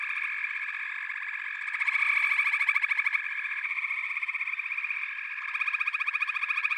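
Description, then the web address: Frog chorus of dense pulsed trills over two steady high tones, with overlapping callers swelling louder around the two-second mark and again near the end. "The Natural Sounds of the Wilderness. Echoes of Nature - Frog Chorus"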